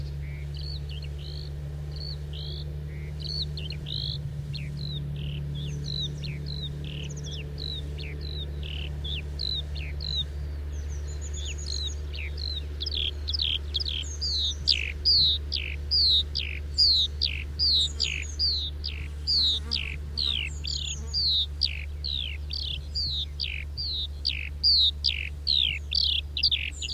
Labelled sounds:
Eurasian Skylark (Alauda arvensis) flight song

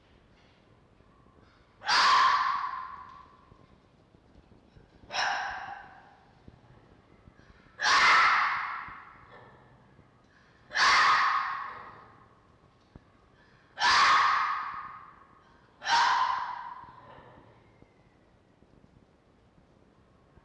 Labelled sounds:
Red Fox (Vulpes vulpes)

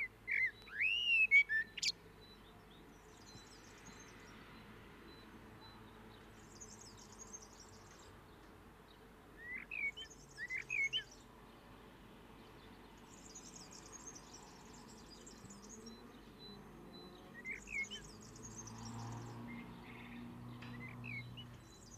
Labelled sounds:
Common Blackbird (Turdus merula) song

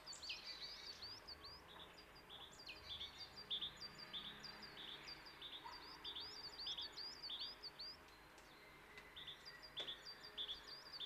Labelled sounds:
Eurasian Jay (Garrulus glandarius) song

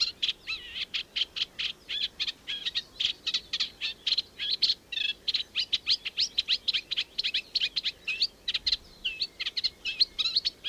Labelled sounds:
Eurasian Reed Warbler (Acrocephalus scirpaceus) song

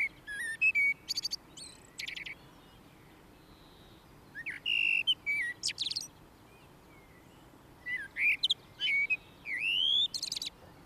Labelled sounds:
Common Blackbird (Turdus merula) song

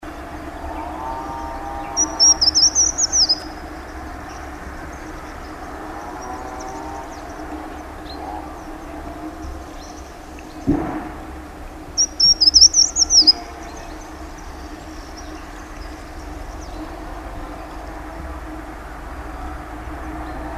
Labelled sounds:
Short-toed Treecreeper (Certhia brachydactyla) song

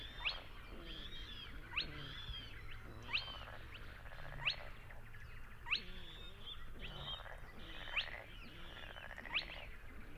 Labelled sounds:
Spotted Crake (Porzana porzana) song

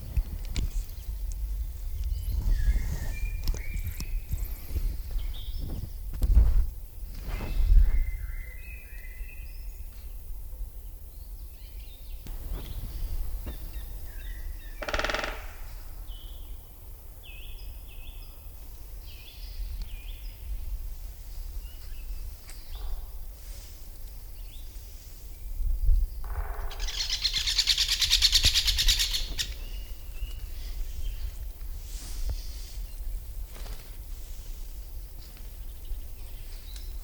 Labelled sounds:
Great Spotted Woodpecker (Dendrocopos major)

